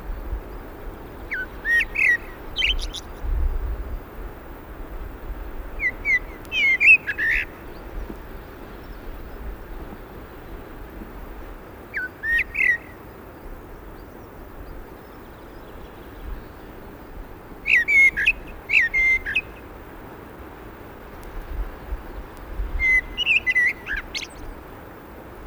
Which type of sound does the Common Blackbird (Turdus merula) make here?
song